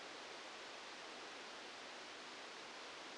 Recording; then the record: brain microelectrode recording played as sound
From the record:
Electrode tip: outside the subthalamic nucleus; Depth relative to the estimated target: -6 mm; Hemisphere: left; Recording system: NeuroSet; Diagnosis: Parkinson's disease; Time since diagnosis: 14 years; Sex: male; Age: 51 years